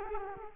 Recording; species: mosquito wingbeat signal from an infrared sensor; Culex quinquefasciatus